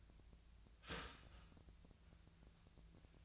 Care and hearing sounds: daily activity, microphone in the room; start toaster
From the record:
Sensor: 2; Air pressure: 1009.2 hPa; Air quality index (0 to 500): 186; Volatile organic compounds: 11 ppm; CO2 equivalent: 2316 ppm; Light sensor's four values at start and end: 23/57/24/26 and 23/56/24/26

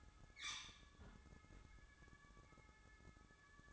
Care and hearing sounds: daily activity, microphone in the room; close fridge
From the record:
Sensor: 3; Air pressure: 1007.7 hPa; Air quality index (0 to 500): 56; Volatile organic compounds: 1 ppm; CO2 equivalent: 599 ppm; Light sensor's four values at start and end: 13/31/13/14 and 13/31/13/14

